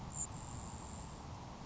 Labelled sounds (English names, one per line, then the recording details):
Grasshopper Sparrow
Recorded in Sonoma County, California